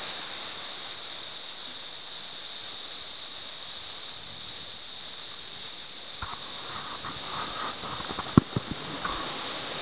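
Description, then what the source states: Cicada droning steadily in a high, hissing buzz, with a few scattered knocks and soft lower tones near the end. Recorded at San Ramon.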